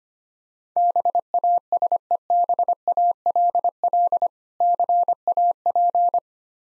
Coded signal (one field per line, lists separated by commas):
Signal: Morse code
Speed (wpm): 25 wpm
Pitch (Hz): 700 Hz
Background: none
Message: BASEBALL CAP